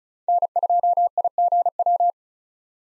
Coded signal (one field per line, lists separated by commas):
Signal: Morse code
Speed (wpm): 34 wpm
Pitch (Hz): 700 Hz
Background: none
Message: N2IGW